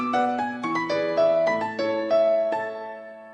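The classic ringtone of the Finnish company Nokia's mobile phones plays alone: a quick, bright melody of about a dozen short electronic notes in a bouncy rhythm, steady and fairly loud, with no voices.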